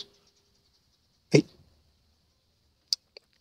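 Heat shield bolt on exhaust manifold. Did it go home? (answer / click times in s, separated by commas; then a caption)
no / 2.9 s. A wrench works at a rusted bolt on the exhaust manifold heat shield, rusted because that area runs very hot. A heavy knock at 1.4 s is followed by a sharp metallic hit at 2.9 s and a fainter tap at 3.2 s, and the bolt starts to strip.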